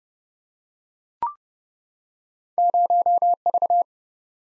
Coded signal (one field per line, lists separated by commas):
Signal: Morse code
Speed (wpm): 27 wpm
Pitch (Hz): 700 Hz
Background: none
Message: 0V